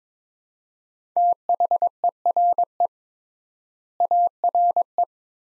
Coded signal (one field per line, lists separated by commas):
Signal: Morse code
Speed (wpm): 22 wpm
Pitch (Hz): 700 Hz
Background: none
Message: THERE ARE